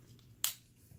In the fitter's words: Everything just snaps.